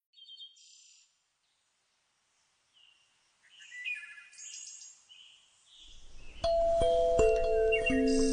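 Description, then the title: Birds chirping with short high twitters and trills, then loud ringing bell-like chimes take over in the final seconds. In the woods in the evening. "the singing of birds in the woods in the evening"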